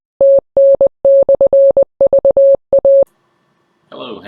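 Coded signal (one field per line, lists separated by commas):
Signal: Morse code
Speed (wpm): 20 wpm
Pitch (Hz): 550 Hz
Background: speech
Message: TN/VA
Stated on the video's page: Special event station honoring the Bristol Rhythm & Roots Reunion music festival.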